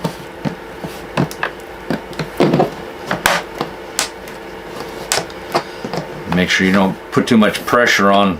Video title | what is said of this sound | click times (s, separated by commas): ASUS TUFF FX706H Replacing Screen | get it snapped back in place | 3.3 s, 4.0 s, 5.1 s